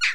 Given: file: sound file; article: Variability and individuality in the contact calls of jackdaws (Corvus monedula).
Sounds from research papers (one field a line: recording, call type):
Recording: jackdaw call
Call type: noisy